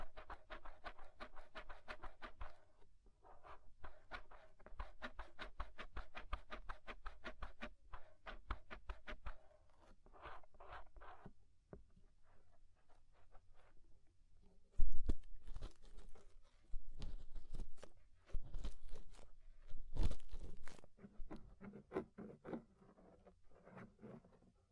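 Ear scraping in dense, rapid clusters of dry crackling strokes, quieter at first, then louder, rougher scrapes from about fifteen seconds with sharp bumps.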